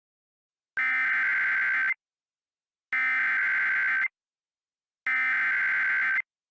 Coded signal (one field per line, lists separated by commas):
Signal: Emergency Alert System (SAME) tones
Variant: header bursts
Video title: Siren Head: An EAS Scenario